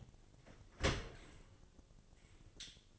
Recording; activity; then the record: daily activity, microphone in the room; open dishwasher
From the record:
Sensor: 4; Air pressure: 1007.6 hPa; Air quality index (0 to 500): 199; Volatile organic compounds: 7 ppm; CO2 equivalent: 1983 ppm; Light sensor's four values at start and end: 22/71/27/26 and 22/70/26/26